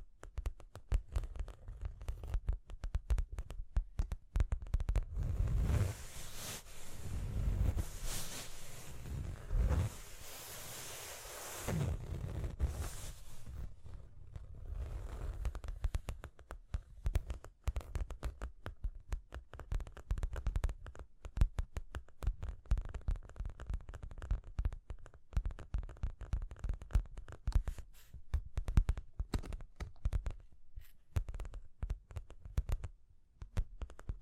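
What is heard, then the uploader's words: Tapping and scratching run throughout, as dense irregular clicks and scrapes over a low thudding rumble. Between about 5 and 13 seconds the scratching swells into longer, brighter rubbing strokes, then it settles back to sparse, uneven taps and knocks until the end. Tapping and Scratching (No Talking).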